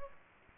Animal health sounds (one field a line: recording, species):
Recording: mosquito wingbeat signal from an infrared sensor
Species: Aedes aegypti